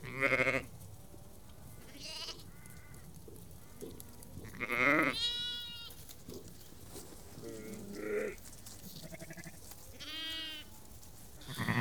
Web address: BBC Sound Effects Library (Livestock) About 30-50 Ewes and Lambs Calling